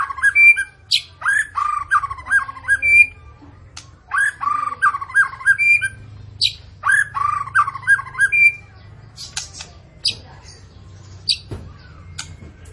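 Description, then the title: White-rumped shama song: short clusters of rich fluty notes with high chips between, separated by quiet gaps and a few sharp clicks, low background hum. Morning song of a white-rumped shama in full song, played as a lure to prompt caged shamas to sing; rich, varied song content. "PANCINGAN MURAI BATU PAGI HARI MURAI BATU GACOR ISIAN MEWAH"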